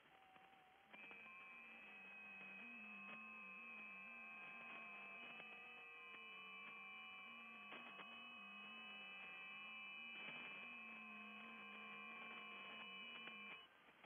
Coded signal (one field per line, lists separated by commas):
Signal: FT8